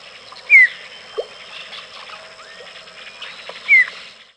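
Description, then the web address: White-tailed kite calling twice with thin, falling whistled notes roughly three seconds apart; a brief lower note and faint background chatter fill the gaps. "Peterson North American Birds"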